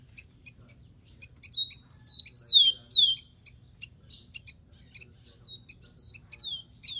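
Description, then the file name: Rufous-collared sparrow repeating its song twice: level whistles then two sharp downward-sliding whistles each time, separated by several seconds of quiet chips. "canto do tico tico"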